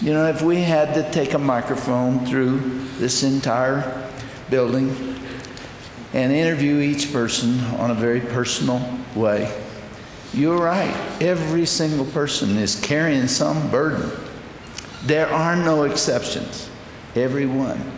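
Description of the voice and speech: An adult man speaks fluently at an even pace with clear articulation and a steady, ordinary voice.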